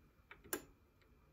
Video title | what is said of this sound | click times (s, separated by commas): Eversewn Sewing Machines How To Guide | that little click it went under this silver piece right here | 0.3 s, 0.5 s